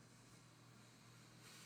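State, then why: Not seated. A glossy black cap with a gold Z painted in and a Z inside is handled over the golden stamped atomizer of a Zaharoff Signature Seraphim Khus 25% parfum bottle, about to go onto its neck as a magnetic/snap cap. Only a steady low hum and soft broadband handling noise are heard, rising slightly near the end with a faint tick. Nothing has seated or clicked yet.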